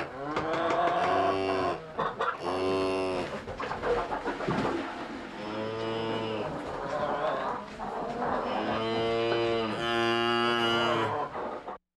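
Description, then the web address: Cow mooing: four long, low, droning moos with rich harmonics, each lasting one to two and a half seconds, with rustling and softer farm sounds in the gaps. Recorded in a barn, with hens in the background. "Sky Cloud GUAG Audio GUAG SFX. Cow Mooing In A Barn Hens In B G, Animal, Cattle"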